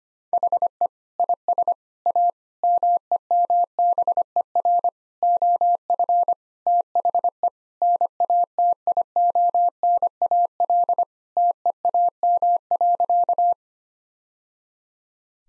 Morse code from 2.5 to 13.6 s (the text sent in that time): MEMBER OF THE NATIONAL TEAM.